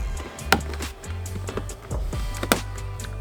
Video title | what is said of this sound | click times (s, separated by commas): The $99 Mod You'll Wish You Did Years Ago... 400 Watt Anytime In Cab Power Outlet Guild Outfitters | if I push down on this hard enough it should pop into place | 0.5 s, 2.5 s